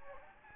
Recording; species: mosquito wingbeat signal from an infrared sensor; Anopheles gambiae